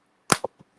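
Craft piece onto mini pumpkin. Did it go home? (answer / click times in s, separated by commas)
yes / 0.3 s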